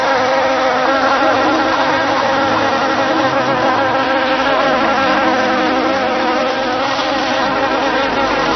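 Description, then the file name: Bee buzzing, a dense, steady hum of many overlapping tones that holds without pause for the whole stretch. Recorded 18 July 2004. "18 07 04 bee"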